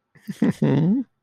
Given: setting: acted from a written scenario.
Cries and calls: vocal sound without words; guilt

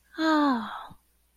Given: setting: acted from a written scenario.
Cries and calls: vocal sound without words; serenity

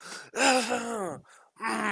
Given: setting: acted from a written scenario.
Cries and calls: vocal sound without words; triumph

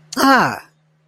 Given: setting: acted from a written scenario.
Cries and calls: vocal sound without words; negative surprise

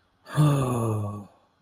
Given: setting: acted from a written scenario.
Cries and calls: vocal sound without words; guilt

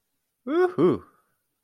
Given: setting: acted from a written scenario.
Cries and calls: vocal sound without words; pride

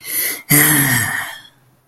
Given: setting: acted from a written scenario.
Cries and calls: vocal sound without words; pride

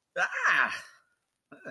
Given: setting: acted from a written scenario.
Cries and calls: vocal sound without words; negative surprise

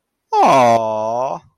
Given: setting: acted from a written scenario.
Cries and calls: vocal sound without words; adoration

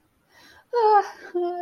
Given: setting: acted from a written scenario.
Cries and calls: vocal sound without words; sadness

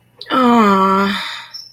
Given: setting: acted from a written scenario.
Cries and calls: vocal sound without words; disappointment

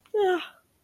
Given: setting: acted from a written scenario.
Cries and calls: vocal sound without words; negative surprise

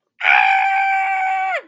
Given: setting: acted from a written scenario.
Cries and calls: vocal sound without words; fear

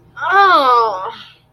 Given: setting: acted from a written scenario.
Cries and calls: vocal sound without words; disgust

